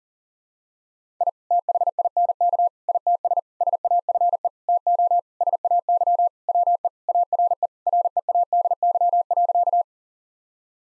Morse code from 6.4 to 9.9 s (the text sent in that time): WE ARE READY.